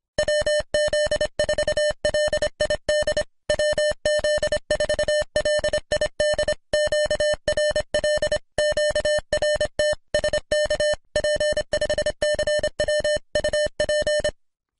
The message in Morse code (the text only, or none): WZ4LID WZ4LID QRL QRT SK P5CW UP